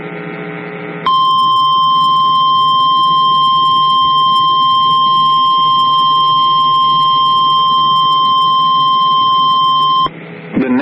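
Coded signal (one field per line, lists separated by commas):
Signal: Emergency Alert System (SAME) tones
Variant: 1050 Hz attention tone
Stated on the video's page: Contains valid EAS tones.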